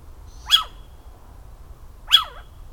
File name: barn owl